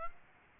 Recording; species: mosquito wingbeat signal from an infrared sensor; Aedes aegypti